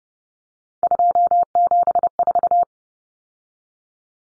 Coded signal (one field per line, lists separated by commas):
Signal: Morse code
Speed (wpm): 30 wpm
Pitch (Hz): 700 Hz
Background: none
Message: 274